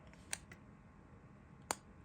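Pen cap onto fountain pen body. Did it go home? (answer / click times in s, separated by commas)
yes / 1.7 s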